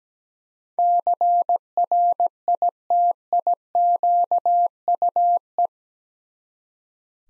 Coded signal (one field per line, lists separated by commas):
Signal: Morse code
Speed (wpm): 17 wpm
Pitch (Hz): 700 Hz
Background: none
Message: CRITIQUE